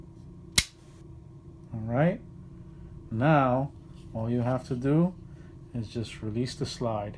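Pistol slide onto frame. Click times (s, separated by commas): 0.6 s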